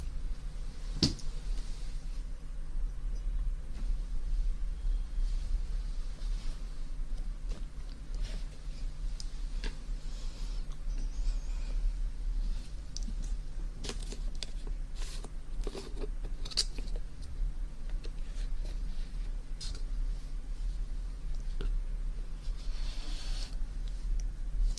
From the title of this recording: Ear Cleaning & Ear Massage Water Sounds